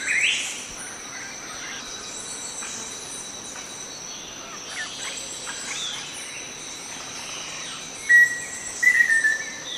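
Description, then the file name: Black-faced antthrush song near the end: one whistled note, then a short falling series of quick whistles; before that, a sharp rising call of another bird amid continuous insect noise. "Song of Formicarius analis"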